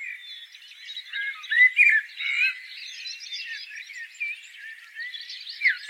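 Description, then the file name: Common blackbird, soft rambling fluty warble with a few louder phrases near the middle and scratchy high notes throughout. "Turdus merula"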